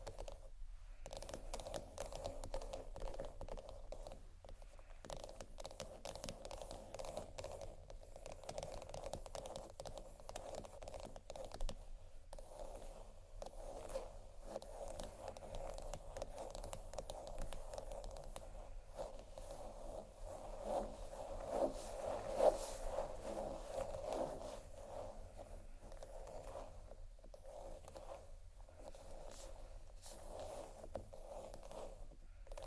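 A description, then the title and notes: Dense scratching and tapping on bags runs throughout, with crinkly crunches and scrapes under a steady low hum, growing busier around twenty-two seconds. ASMR Tappingscratching Galore 4 Bags (No Talking).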